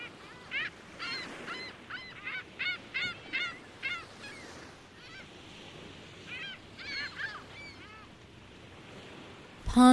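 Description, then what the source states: Gulls calling, quick series of harsh arched yelps in bursts, a quieter pause, then more cries, closing with a sharp clatter. Several gulls on a busy beach on Lake Ontario.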